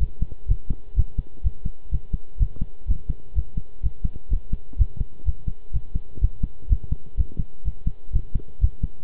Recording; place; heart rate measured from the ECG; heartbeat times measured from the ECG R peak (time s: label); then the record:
heart sounds by stethoscope; between the tricuspid and mitral areas; 125 bpm
0.48 s: heartbeat
0.96 s: heartbeat
1.43 s: heartbeat
1.91 s: heartbeat
2.39 s: heartbeat
2.87 s: heartbeat
3.35 s: heartbeat
3.82 s: heartbeat
4.30 s: heartbeat
4.78 s: heartbeat
5.25 s: heartbeat
5.73 s: heartbeat
6.21 s: heartbeat
6.69 s: heartbeat
7.17 s: heartbeat
7.64 s: heartbeat
8.12 s: heartbeat
8.61 s: heartbeat
From the record:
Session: pedaling a stationary bicycle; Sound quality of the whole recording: good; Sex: male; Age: 23 years